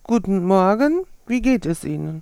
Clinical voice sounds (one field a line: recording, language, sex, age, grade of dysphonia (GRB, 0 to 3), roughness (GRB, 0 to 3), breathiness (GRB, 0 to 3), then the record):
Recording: spoken sentence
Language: German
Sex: female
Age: 50 to 59 years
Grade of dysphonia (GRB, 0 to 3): 0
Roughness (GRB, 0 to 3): 0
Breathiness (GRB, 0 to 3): 0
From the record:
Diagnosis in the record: healthy voice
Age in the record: 50 years